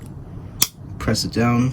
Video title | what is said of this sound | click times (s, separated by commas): How To Clean A Newer Briggs & Stratton Plastic Carburetor - Step By Step Guide | and that's exactly what you want you want it to click in place | 0.6 s